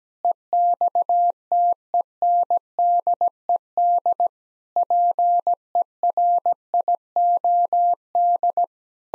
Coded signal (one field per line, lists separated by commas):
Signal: Morse code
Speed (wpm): 17 wpm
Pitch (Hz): 700 Hz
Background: none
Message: EXTENDED PERIOD